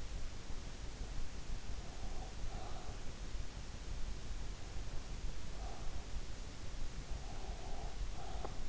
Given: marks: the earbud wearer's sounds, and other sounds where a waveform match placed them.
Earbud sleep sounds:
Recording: sounds in sleep by an in-ear microphone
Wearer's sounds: breath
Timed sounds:
1.86-3.09 s: breath
5.46-6.89 s: breath
7.02-8.55 s: breath

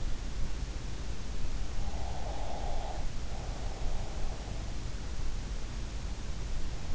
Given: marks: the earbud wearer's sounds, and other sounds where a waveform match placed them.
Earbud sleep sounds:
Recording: sounds in sleep by an in-ear microphone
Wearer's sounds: breath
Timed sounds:
1.92-4.14 s: breath

